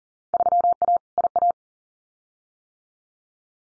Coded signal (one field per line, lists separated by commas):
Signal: Morse code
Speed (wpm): 39 wpm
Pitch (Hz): 700 Hz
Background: none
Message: 3A IA